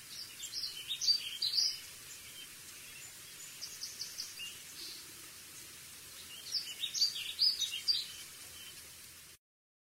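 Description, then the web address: Warbling vireo song: two rambling, warbled phrases of quick high notes, one near the start and one near the end, with a few faint notes and steady background hiss between. Western USA. "Songs of Birds of North America Western USA Songbirds. Warbling Vireo"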